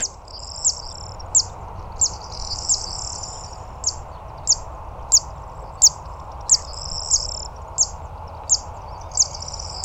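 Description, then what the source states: Zitting Cisticola repeating a thin, insect-like high 'zip' roughly every 0.7 seconds over constant background noise. Insect-like sound; male sings in spring in an undulating song flight over tall-grass or rushy meadows near water, and builds a series of nests that females finish.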